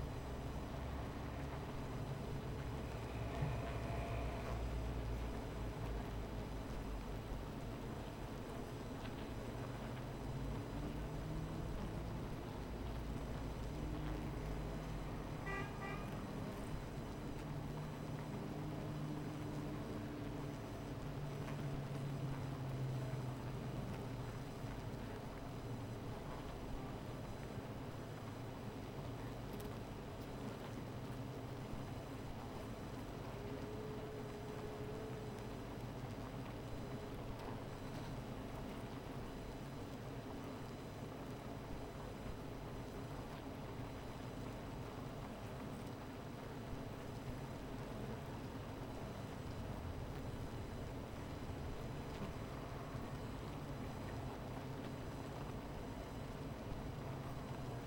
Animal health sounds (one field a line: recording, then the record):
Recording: honeybee colony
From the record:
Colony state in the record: missing queen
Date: 14 July 2017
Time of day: 17:11